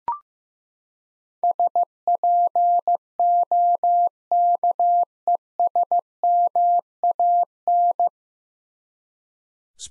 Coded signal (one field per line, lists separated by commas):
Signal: Morse code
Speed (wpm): 15 wpm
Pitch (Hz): 700 Hz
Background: none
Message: SPOKESMAN